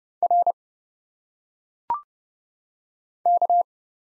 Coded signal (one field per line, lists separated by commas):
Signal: Morse code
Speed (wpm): 31 wpm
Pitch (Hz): 700 Hz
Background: none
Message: R K